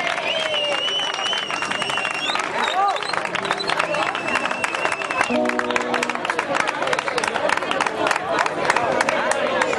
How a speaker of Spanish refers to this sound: ¡Un aplauso, hombre!